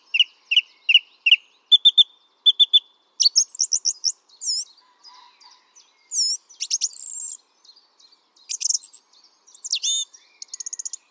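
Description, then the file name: Song thrush song opening with repeated clipped notes in threes, then ringing whistled phrases and a fast trilled ending. "Turdus philomelos"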